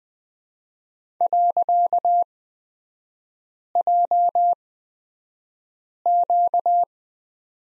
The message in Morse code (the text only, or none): .JQ